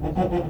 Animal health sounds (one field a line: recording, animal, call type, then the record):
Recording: contact call of a hoofed animal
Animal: goat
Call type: low-frequency (closed-mouth) or high-frequency (open-mouth) call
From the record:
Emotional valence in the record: negative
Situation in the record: food frustration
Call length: 0.50 s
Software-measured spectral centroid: 1270 Hz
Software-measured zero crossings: 820 a second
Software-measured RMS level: -24 dBFS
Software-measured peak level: -11 dBFS